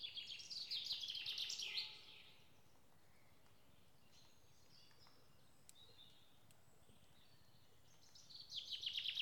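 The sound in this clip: Bird song, an energetic trilled phrase for the first two seconds, then long quiet with faint chirps, and a new burst of song at the end.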